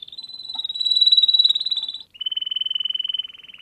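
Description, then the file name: Canary song: a long rapid trill at a steady high pitch, swelling louder then easing, then after a brief gap a lower, even trill. Canary song for training other birds (masteran). "Suara Burung Kenari untuk Masteran Ampuh"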